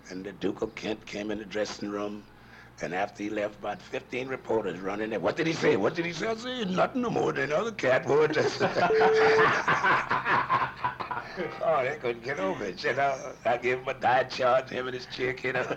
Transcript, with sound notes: And the Duke of Kent came in the dressing room, and after he left, about fifteen reporters run in there, “What did he say? What did he say?” I said, “Nothing no more than any other cat would.” [LAUGHING] Oh, they couldn’t get over it, you know. I gave him a diet chart, him and his chick, you know?